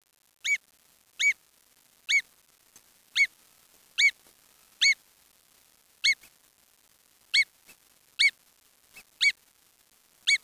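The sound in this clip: Bird calls, brief sharp harmonic notes repeated about once a second at somewhat uneven intervals, over a quiet background.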